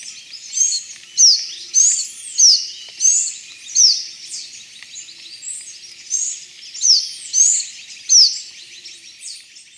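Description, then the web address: Black-capped hemispingus song: high, slurred notes mixed with jumbled twittering, in a series of several bursts with a longer pause midway. Recorded in Ecuador, South America. "Birds of Ecuador. Black-Capped Hemispingus"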